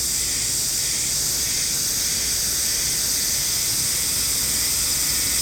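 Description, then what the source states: Himeharuzemi cicadas: many buzzing at once in a steady high-pitched hiss with a slight wavering rhythm. Chorus in the sacred forest of Nou Hakusan Shrine, Japan, the northernmost habitat on the Sea of Japan side; possibly near season's end; calling fairly well; recorded with an MKH8020 microphone.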